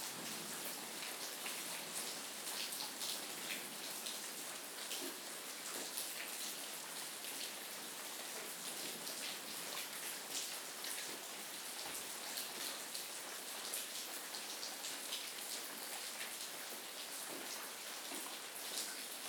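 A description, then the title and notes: Rain falls steadily throughout, a dense, even hiss with countless fine drop impacts and no pauses. The sound is bright and full, with little low rumble, and individual sharper taps flicker through the wash without any change in intensity. Relax Sounds Rain.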